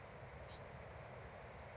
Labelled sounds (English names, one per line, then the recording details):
Bewick's Wren
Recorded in Sonoma County, California